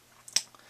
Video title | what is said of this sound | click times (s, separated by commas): 1/100 MG RX-79 Ground-type Gundam review (part 2) | they both kind of make a little click noise when they slide | 0.4 s